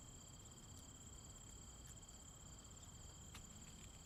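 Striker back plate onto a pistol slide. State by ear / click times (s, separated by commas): not seated / none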